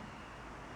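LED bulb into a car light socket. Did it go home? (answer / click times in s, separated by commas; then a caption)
no / none. An LED bulb is handled at a car light socket on a 2006 Element, about to be pushed into its holder. Only steady, even broadband noise like traffic or vehicle hum is heard, with no sharp hits. Nothing has seated or clicked yet.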